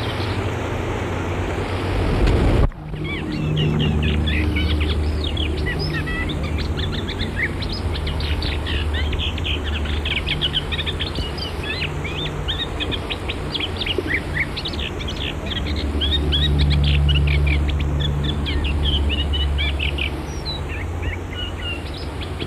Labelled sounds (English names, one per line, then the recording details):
Moustached Warbler song
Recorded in the wild
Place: Camargue, FR
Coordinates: 43.5239, 4.64528
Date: 1965-04-20
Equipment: Uher Report 4000, AKG D190
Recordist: Krey, Winfried